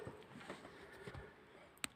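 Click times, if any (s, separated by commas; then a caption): 1.8 s. A removable caravan table is lowered one-handed onto the side support timbers, with soft shuffling and faint knocks before a single sharp snap at 1.8 s. The table locks into place.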